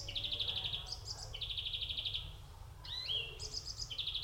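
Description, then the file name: European greenfinch mixing fast buzzy trills with higher chirping phrases and a sharp upslurred twitter, delivered almost without pause. "Chloris chloris"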